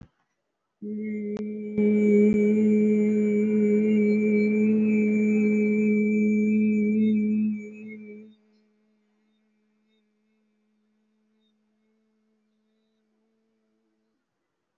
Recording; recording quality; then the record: sustained vowel as in beet; excellent, no background noise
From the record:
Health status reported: respiratory illness, not identified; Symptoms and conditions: cough, cold, breathing difficulty, asthma, chronic lung disease, hypertension, diabetes, ischaemic heart disease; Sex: male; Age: 54 years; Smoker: yes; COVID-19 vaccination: one dose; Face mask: worn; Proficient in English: no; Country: India